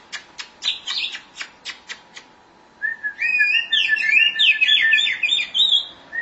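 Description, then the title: Oriental magpie-robin song: a string of sharp ticking notes gives way to a rich, fast-varied whistled warble. Chirping song. "Suara Kicauan Burung Kacer"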